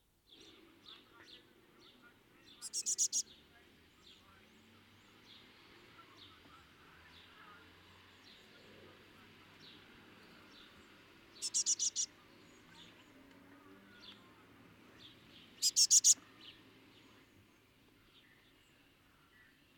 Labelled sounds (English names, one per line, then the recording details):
Great Tit call
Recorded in the wild
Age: juvenile
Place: Kaiserslautern, Rheinland-Pfalz, DE
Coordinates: 49.4372, 7.80972
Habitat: garden
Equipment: Nagra IV, Sennheiser MKH 405, Parabolreflektor
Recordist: Tretzel, Erwin